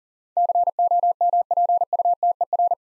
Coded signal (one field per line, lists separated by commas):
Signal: Morse code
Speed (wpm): 42 wpm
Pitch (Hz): 700 Hz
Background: none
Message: COMPUTER